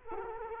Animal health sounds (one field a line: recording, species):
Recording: mosquito wingbeat signal from an infrared sensor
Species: Culex quinquefasciatus